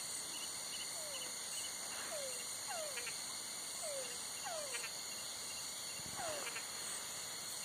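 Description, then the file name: Toad calls, short whistled notes sliding downward, given in an irregular series, set against a constant high-pitched insect chorus. Heard at night as part of a night soundscape alongside crickets. "Laserna Lupe Bio Fon A Noche Grillos Sapos"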